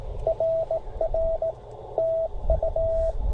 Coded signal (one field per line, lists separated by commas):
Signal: Morse code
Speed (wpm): 16 wpm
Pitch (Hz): 690 Hz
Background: none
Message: RR TU